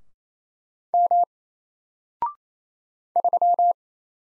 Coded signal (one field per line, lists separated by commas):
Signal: Morse code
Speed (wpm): 28 wpm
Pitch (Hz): 700 Hz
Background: none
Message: M 3